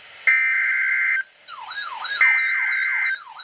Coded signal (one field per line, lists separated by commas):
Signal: Emergency Alert System (SAME) tones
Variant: header bursts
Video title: Flood Warning (Double Header) (EAS #55-56)